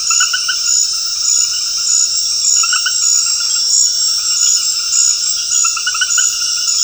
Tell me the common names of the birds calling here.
none